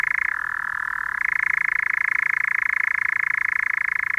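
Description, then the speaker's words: European Nightjar churring: a steady, dry mechanical trill that dips briefly to a lower pitch near the start, then holds unbroken to the end. Churring heard after sunset on an evening outing to pine heath; a dusk bird of pine heaths in southern and central Finland; field recording, Finland. "Tämän hyrinän monet tuntevat. Sen saa aikaan kehrääjä, hämärän lintu."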